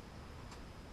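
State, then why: Not seated. During a Subaru power steering pump swap, a small clip-on piece is being pushed by hand onto the pump or its fitting. Steady low background noise is heard with a faint, brief broadband handling sound around 0.5 s. The clip has not seated or snapped on yet.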